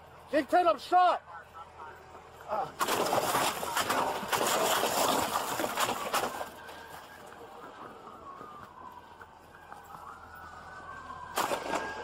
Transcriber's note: police sirens; gunshots